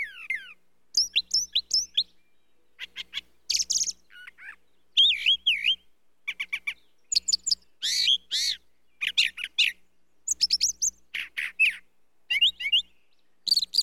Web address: bird brown trasher song animal